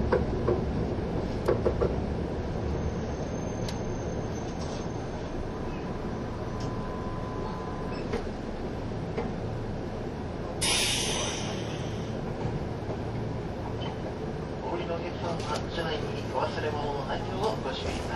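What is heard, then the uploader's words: A train running, with a steady dense low rumble and clatter filling all eighteen seconds. A faint high whine holds from about 3 to 5 seconds, and a sharp hissing burst hits near 10.5 seconds, with scattered clicks and squeals later. 近鉄16000系 吉野特急4508レ 01/01:吉野～大阪阿部野橋. This is the train running sound (still image) of the ``Yoshino Express''.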